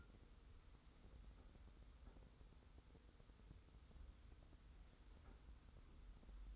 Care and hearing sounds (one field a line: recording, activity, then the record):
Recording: daily activity, microphone in the room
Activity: wipe stove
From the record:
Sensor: 3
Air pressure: 990.4 hPa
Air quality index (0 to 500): 182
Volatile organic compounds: 1000 ppm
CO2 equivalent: 5930 ppm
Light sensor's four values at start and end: 46/108/44/42 and 46/108/44/42